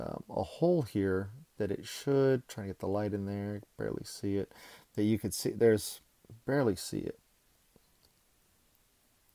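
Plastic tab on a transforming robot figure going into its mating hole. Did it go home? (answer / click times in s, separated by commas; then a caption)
no / none. Someone talks for about seven seconds while lining up a small double plastic tab on a Fans Toys FT-12 Grenadier (Bombshell) transforming robot figure with its mating hole. Only a few faint, soft taps follow in the quiet stretch at about 8.1, 8.8 and 9.3 seconds. Nothing has clicked into place yet, because the tab on this copy does not click in well.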